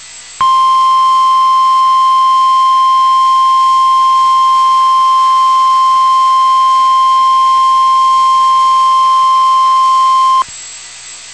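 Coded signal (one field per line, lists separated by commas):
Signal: Emergency Alert System (SAME) tones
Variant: 1050 Hz attention tone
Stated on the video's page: NOAA Weather Radio flash flood warning including the 1050 Hz tone.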